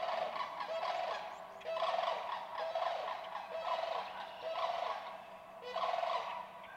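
Sandhill crane rattling calls, overlapping and nearly continuous, rough rolling bursts swelling and fading several times throughout.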